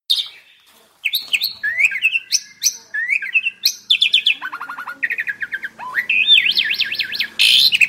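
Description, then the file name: Asian pied starling song: a call fading into a brief pause, then whistled slurs, clicking rattles and a warbled trill wavering rapidly up and down. Lively, vigorous singing (gacor). "suara burung jalak suren gacor"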